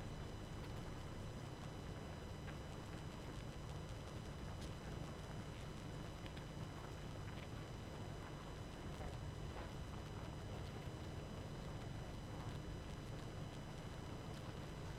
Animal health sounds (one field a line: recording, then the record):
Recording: honeybee colony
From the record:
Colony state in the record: active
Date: 12 June 2018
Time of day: 22:41